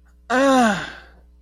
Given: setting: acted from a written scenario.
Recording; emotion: vocal sound without words; pain